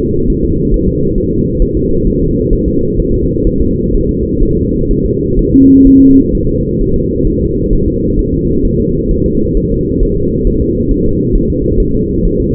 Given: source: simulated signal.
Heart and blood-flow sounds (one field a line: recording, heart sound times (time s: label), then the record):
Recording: fetal heart sounds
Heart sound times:
0.00 s: S2
0.30 s: S1
0.45 s: S2
0.74 s: S1
0.89 s: S2
1.18 s: S1
1.33 s: S2
1.62 s: S1
1.77 s: S2
2.07 s: S1
2.22 s: S2
2.53 s: S1
2.68 s: S2
3.00 s: S1
3.14 s: S2
3.47 s: S1
3.61 s: S2
3.94 s: S1
4.09 s: S2
4.42 s: S1
4.57 s: S2
4.91 s: S1
5.06 s: S2
5.39 s: S1
5.54 s: S2
5.87 s: S1
6.02 s: S2
6.35 s: S1
6.49 s: S2
6.81 s: S1
6.96 s: S2
7.27 s: S1
7.42 s: S2
7.73 s: S1
7.88 s: S2
8.19 s: S1
8.34 s: S2
8.65 s: S1
8.80 s: S2
9.11 s: S1
9.26 s: S2
9.57 s: S1
9.72 s: S2
10.03 s: S1
10.17 s: S2
10.47 s: S1
10.62 s: S2
10.91 s: S1
11.06 s: S2
11.36 s: S1
11.50 s: S2
11.80 s: S1
11.95 s: S2
12.25 s: S1
12.40 s: S2
From the record:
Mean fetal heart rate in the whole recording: 130 bpm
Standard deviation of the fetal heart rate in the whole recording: 4 bpm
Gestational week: 38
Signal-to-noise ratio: -15.3 dB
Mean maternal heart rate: 72 bpm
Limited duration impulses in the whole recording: present